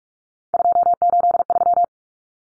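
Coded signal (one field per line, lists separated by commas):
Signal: Morse code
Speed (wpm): 44 wpm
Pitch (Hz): 700 Hz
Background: none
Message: 283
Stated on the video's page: Morse head-copy drill of common three-digit cut numbers at 45 wpm, each sent in Morse, then spoken, then sent again.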